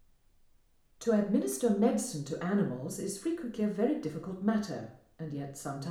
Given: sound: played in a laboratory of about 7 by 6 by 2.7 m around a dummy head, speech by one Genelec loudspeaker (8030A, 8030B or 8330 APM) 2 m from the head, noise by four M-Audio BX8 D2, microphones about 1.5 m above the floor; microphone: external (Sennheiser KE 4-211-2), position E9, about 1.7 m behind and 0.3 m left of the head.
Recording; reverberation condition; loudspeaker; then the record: female speech in English; medium; 150 degrees to the right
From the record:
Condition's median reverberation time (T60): about 510 ms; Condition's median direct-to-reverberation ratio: about -0.5 dB